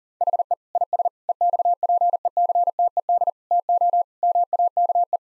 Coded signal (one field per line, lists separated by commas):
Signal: Morse code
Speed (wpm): 40 wpm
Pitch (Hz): 700 Hz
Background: none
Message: HE IS EXPECTED TO MAKE